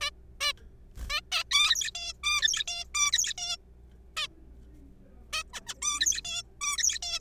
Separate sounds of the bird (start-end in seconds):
0.01-0.10, 0.41-0.52, 1.10-1.21, 1.32-1.43, 1.51-1.91, 1.95-2.13, 2.23-2.63, 2.68-2.84, 2.95-3.12, 3.13-3.33, 3.38-3.57, 4.17-4.28, 5.33-5.43, 5.53-5.61, 5.67-5.74, 5.82-6.21, 6.25-6.42, 6.61-6.77, 6.78-6.99, 7.02-7.20